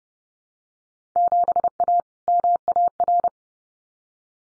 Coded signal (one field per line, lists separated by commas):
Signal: Morse code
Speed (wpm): 30 wpm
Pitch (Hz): 700 Hz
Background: none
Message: 7A MAR